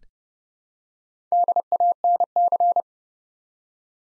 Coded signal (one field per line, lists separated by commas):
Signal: Morse code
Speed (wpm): 30 wpm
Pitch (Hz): 700 Hz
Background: none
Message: DANC